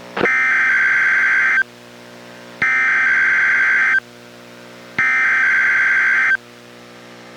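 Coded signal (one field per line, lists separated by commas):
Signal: Emergency Alert System (SAME) tones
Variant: header bursts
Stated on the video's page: Required weekly test relayed by an NWR station in Astoria, received on a weather radio and recorded through a portable audio recorder.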